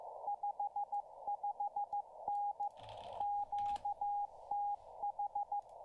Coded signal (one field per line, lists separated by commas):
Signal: Morse code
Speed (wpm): 14 wpm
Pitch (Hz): 820 Hz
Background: radio noise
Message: 55N QTH